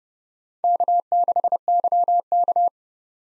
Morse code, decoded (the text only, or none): K6YK